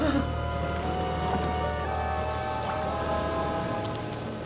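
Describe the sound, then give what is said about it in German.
A spherical submarine churns through a lake toward the shore, rising out of the water, with a steady low rumble and a droning mechanical hum, holding an even loudness before easing off slightly at the end. No voices. “das ist ein U-Boot.”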